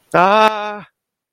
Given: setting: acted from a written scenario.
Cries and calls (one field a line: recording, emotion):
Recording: vocal sound without words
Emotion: distress